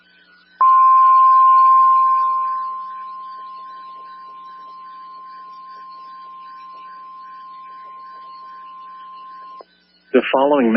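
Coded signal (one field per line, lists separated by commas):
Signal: Emergency Alert System (SAME) tones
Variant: 1050 Hz attention tone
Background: speech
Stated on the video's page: Real Evacuation Immediate SAME tones relayed by the National Weather Service on NOAA Weather Radio.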